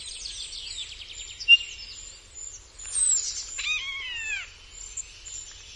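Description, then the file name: Common starling sings a rapid buzzy rattle, then a short pause, then long, downward-sliding wheezy notes layered like a drawn-out whine. "Szpak"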